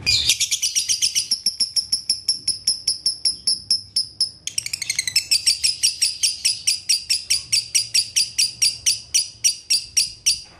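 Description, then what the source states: Lovebird song of quick high chirps in a steady rapid series, briefly broken by a burst of trilling before resuming. Konslet song style, used as a masteran training recording.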